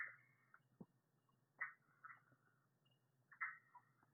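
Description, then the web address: Red-eyed tree frog calling with several brief, scratchy chuck notes spaced irregularly, plus faint clicks and a constant low background hum. "phyllomedusidae Agalychnis-callidryas"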